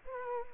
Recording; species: mosquito wingbeat signal from an infrared sensor; Culex quinquefasciatus